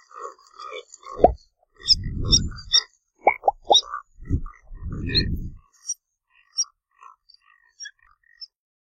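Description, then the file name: Neotropic cormorant croaks and low guttural grunts, a few harsh bursts in the first half, then scattered soft higher notes fading out. "canto do bigua"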